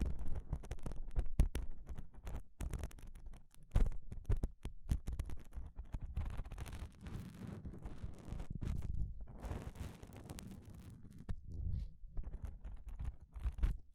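Gloves being handled, with frequent quick rustles, rubs and soft scrapes of material throughout. Sharp brief clicks and taps punctuate the first few seconds, then denser, steadier rubbing and muffled low thumps fill the middle before sparser handling near the end.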